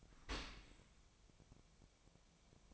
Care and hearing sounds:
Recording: daily activity, microphone in the room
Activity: open dishwasher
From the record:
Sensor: 1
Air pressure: 1000.5 hPa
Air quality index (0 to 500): 182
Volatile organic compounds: 4 ppm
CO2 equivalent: 1673 ppm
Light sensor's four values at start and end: 11/27/11/13 and 11/27/11/13

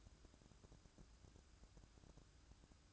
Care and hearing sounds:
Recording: daily activity, microphone in the room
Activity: take from stove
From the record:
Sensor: 2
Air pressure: 1007.8 hPa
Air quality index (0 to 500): 107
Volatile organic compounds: 1 ppm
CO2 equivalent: 799 ppm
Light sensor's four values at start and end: 7/16/6/6 and 7/16/6/6

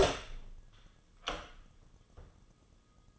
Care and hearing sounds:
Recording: daily activity, microphone in the room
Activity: open door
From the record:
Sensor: 4

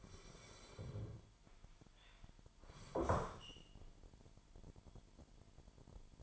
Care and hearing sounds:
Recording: daily activity, microphone in the room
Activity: sit down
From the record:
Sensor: 5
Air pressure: 998.6 hPa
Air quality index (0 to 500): 90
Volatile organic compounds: 2 ppm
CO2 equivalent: 1039 ppm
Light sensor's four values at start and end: 34/81/34/38 and 33/80/33/37

